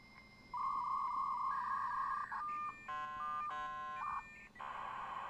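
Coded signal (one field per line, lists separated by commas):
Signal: dial-up modem handshake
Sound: steady modem tones stepping in pitch, buzzy multi-tone bursts, then rougher warbling hiss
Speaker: I'm going to disconnect because I want you guys to hear the dial-up sound.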